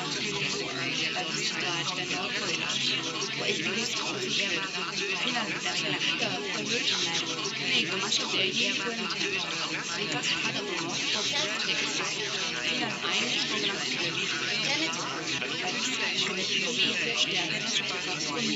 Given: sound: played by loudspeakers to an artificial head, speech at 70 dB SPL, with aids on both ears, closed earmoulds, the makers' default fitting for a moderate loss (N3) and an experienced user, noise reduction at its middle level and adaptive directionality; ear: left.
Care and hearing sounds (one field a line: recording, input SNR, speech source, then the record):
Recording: speech test signal (ISTS) in cocktail-party noise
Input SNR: -6 dB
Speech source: in front (0 degrees)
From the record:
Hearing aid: class 1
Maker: A